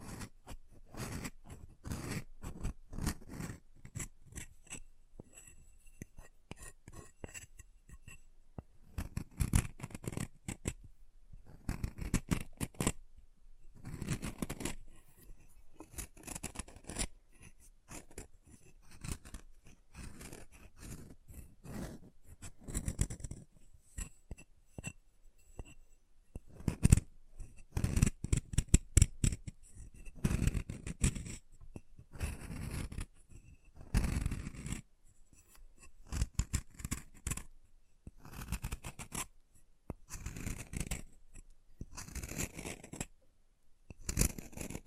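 Chalk being carved and cut, heard as a steady run of short, dry scraping and snipping strokes that come quickly and irregularly throughout. Each stroke is brief, with a gritty rasp and some low body. Short pauses fall between bursts, and a few strokes land harder around the middle and later.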